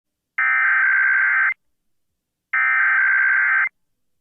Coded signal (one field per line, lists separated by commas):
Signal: Emergency Alert System (SAME) tones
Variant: header bursts